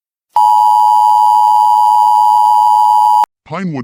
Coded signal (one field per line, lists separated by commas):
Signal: Emergency Alert System (SAME) tones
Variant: 853 and 960 Hz attention tone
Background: speech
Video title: EAS: PIA